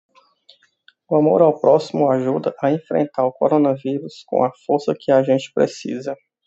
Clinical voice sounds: spoken sentence; Brazilian Portuguese; male; 30 to 39 years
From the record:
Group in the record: control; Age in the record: 38 years

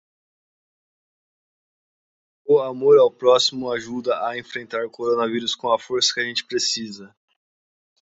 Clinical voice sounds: spoken sentence; Brazilian Portuguese; male; 30 to 39 years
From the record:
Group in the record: control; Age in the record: 33 years

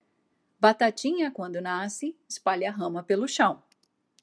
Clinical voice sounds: short text; Brazilian Portuguese; female; 40 to 49 years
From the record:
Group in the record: control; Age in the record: 47 years

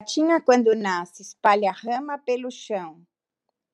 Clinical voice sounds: short text; Brazilian Portuguese; female; 60 to 69 years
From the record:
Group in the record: control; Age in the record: 63 years

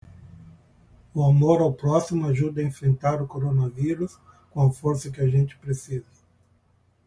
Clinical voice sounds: spoken sentence; Brazilian Portuguese; male; 60 to 69 years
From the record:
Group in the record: control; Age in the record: 64 years

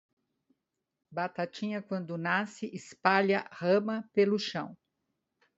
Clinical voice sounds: short text; Brazilian Portuguese; female; 70 to 79 years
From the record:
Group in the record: control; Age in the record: 73 years

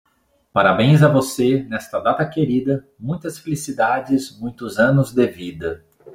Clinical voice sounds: short text; Brazilian Portuguese; male; 40 to 49 years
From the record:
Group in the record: control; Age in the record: 41 years

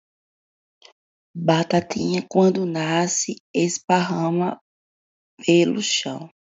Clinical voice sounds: short text; Brazilian Portuguese; female; 20 to 29 years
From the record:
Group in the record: control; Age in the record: 28 years

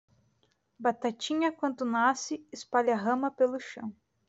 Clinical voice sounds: short text; Brazilian Portuguese; female; 20 to 29 years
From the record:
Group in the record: control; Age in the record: 27 years

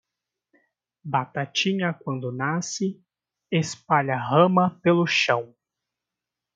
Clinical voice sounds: short text; Brazilian Portuguese; male; 20 to 29 years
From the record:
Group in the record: control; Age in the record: 20 years

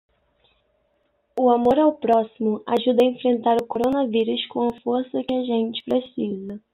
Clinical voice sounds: spoken sentence; Brazilian Portuguese; female; 20 to 29 years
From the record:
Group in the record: control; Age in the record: 20 years

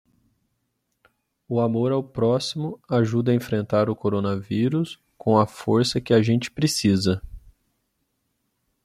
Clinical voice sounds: spoken sentence; Brazilian Portuguese; male; 30 to 39 years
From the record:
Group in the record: control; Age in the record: 33 years

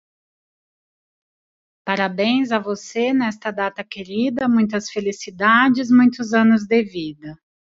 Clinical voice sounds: short text; Brazilian Portuguese; female; 40 to 49 years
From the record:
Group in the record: control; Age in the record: 40 years

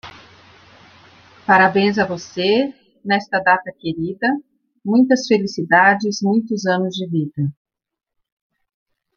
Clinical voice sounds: short text; Brazilian Portuguese; female; 50 to 59 years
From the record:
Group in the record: control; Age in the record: 52 years

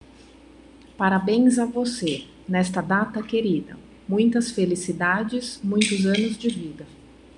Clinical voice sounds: short text; Brazilian Portuguese; female; 30 to 39 years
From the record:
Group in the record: control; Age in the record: 33 years

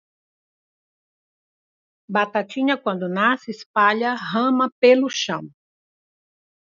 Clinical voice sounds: short text; Brazilian Portuguese; female; 60 to 69 years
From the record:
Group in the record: control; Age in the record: 61 years

